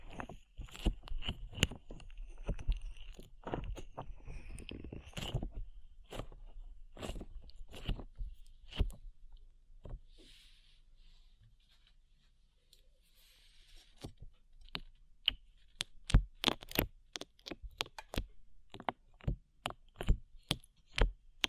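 Slime being squished and pressed, giving off a run of sharp, wet clicks and pops. They come thick and fast for the first nine seconds, fade to a soft, quiet rustle around the middle, then return as sparser, crisp snaps through to the end.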